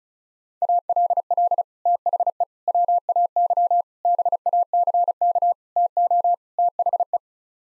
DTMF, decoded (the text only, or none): none